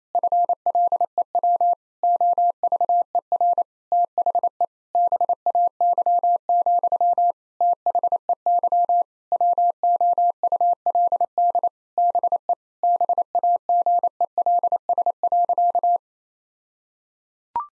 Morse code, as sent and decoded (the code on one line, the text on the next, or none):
..-. .-.. . .-- / --- ...- . .-. / - .... . / -... .- -.-- --..-- / - .... . -.-- / .-- --- ..- .-.. -.. / -... . / -... .- --. . .-.. ... .-.-.-
FLEW OVER THE BAY, THEY WOULD BE BAGELS.